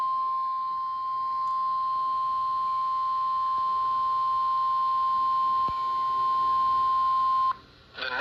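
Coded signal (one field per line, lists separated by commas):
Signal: Emergency Alert System (SAME) tones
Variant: 1050 Hz attention tone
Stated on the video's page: Severe thunderstorm warning received on NOAA Weather Radio.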